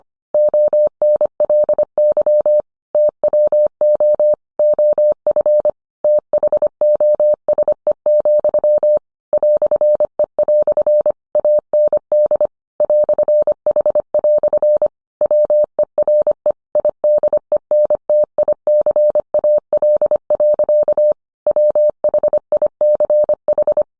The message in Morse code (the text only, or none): ONLY TWO OF THOSE, "E" AND "H" WERE IDENTICAL. WHICH